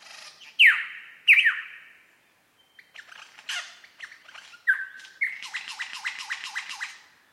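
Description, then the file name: Superb lyrebird song opening with two loud falling whip notes, then scattered clicks and chatter ending in a fast, buzzy, repeated trill. Recorded at Mount Airly; date given as 30 May 2011. "SLB-mt airly"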